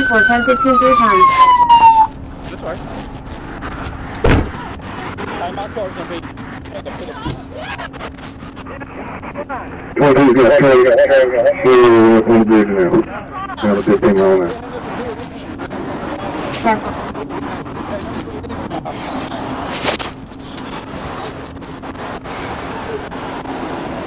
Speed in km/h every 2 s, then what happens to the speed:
0, 0, 0, 0, 0, 0, 0, 0, 0, 0, 0, 0.
0-24 standing.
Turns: none.